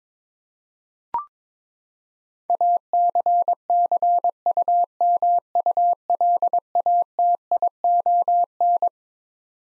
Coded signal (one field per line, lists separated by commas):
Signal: Morse code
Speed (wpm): 22 wpm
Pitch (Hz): 700 Hz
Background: none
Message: ACCUMULATION